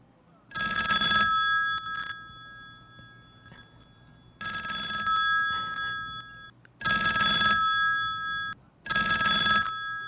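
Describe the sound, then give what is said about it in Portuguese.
A telephone bell rings four times in a steady on-off pattern, each loud ring a bright, high, buzzing metallic tone, separated by short quiet gaps. “Tá bom, telefone, já foi.”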